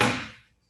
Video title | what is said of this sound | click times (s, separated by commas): 3rd Period Lecture, Nov 23rd | push it in and it drops in and locks in place now it can't | 0.0 s